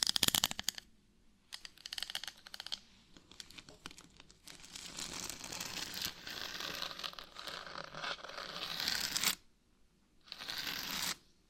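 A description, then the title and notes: Scratching in rough, raspy bursts, with short strokes in the first few seconds separated by brief pauses. From about four and a half seconds it becomes a dense, continuous scrape lasting until around nine seconds. After a silent gap, one last burst closes the clip. ASMR Brain Melting Scratching (No Talking).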